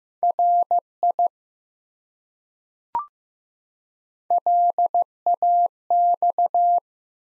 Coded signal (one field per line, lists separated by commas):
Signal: Morse code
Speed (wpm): 16 wpm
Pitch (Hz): 700 Hz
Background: none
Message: RI LAX